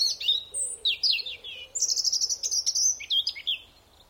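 European robin singing a varied phrase of high whistles, fast twittering trills and tumbling notes, with faint lower warbles underneath.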